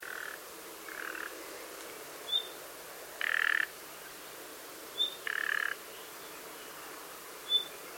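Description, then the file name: Common nightingale calls: grating, frog-like rasps, two loud and two softer, interleaved with sharp high whistled notes repeated every couple of seconds. "Luscinia megarhynchos"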